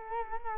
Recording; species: mosquito wingbeat signal from an infrared sensor; Culex quinquefasciatus